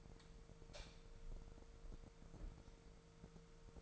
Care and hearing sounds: daily activity, microphone in the room; light on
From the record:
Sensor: 5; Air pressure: 1014.8 hPa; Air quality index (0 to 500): 172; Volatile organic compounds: 6 ppm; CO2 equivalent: 1888 ppm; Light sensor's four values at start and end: 58/139/57/59 and 59/144/58/61

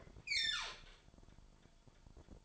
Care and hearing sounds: daily activity, microphone in the room; open fridge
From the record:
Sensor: 5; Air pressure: 1007.9 hPa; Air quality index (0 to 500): 93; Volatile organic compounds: 1 ppm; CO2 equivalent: 732 ppm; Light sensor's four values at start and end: 38/87/36/37 and 39/89/37/38

